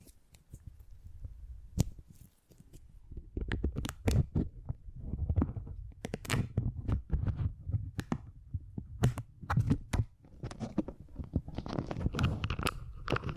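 Close, soft handling of beeswax: muffled low thumps and rubbing pressed near the microphone, with sharp sticky clicks and crackles at about 2, 4, 6, 9 and 10 seconds. Activity is dense and irregular, growing brighter with crisp crinkling near the end.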